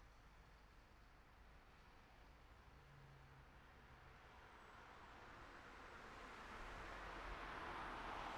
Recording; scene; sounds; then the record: everyday scene through a hearing-aid microphone; in traffic; traffic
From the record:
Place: city secondary road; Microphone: behind the ear, right, front